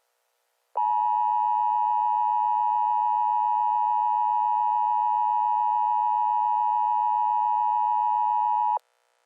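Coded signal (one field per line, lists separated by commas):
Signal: Emergency Alert System (SAME) tones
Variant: 853 and 960 Hz attention tone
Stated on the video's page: Fictional EAS scenario, not meant to be realistic.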